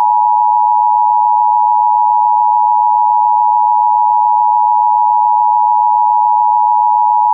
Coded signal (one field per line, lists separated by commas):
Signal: Emergency Alert System (SAME) tones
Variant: 853 and 960 Hz attention tone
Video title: A LONG OVERDUE COMPILATION: EAS Alerts From 5/13/24 EAS #708-723